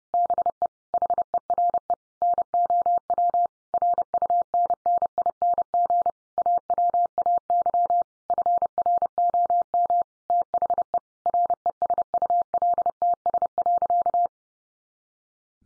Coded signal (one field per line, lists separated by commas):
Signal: Morse code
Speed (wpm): 28 wpm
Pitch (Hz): 700 Hz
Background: none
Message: BE HERE NOW RUNNING AWAY FROM THE RESULTS.